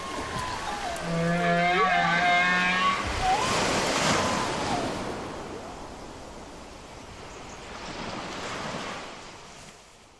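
North Atlantic right whale tonal calls: a few short harmonic moans and a flat held tone in the first three seconds, then fading into washing ocean noise.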